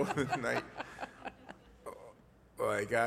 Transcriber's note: laughter